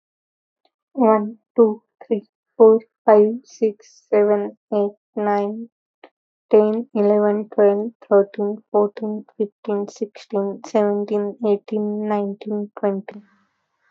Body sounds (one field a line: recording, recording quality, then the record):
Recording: counting at a normal pace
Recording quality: excellent, no background noise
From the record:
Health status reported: healthy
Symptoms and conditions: none ticked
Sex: female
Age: 28 years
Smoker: not ticked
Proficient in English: yes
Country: India